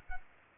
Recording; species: mosquito wingbeat signal from an infrared sensor; Culex pipiens